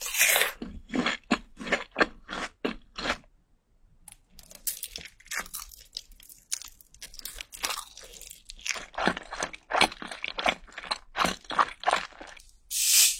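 Chewing sounds, crunchy and wet, come in quick regular bites of roughly three per second for the first three seconds. After a brief pause around four seconds, softer, irregular munching continues, building again into dense crisp crunches before a louder rustle at the end.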